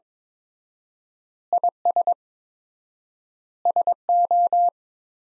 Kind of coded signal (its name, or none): Morse code